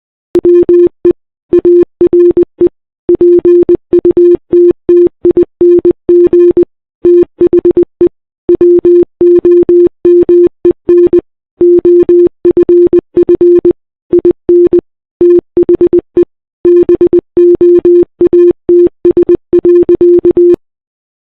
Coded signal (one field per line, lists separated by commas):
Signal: Morse code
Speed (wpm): 21 wpm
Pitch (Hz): 350 Hz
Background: none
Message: WE ARE PUTTING THE WOMEN OFF IN THE BOATS.